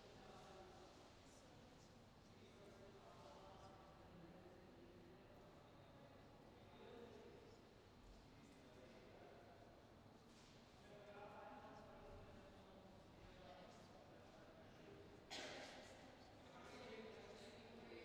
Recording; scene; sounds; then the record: everyday scene through a hearing-aid microphone; reverberant space; background noise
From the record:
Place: railway station hall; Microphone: in the ear canal, left